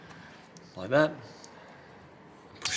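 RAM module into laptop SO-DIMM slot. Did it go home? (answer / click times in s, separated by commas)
yes / 2.7 s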